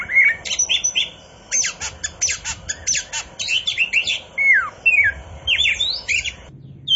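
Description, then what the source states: Oriental magpie-robin: songbird chattering with harsh squawky notes, sharp clicks and scattered downward whistles in an uneven flow. Kacer poci type of Oriental magpie-robin, singing in gacor style (vigorous, continuous song).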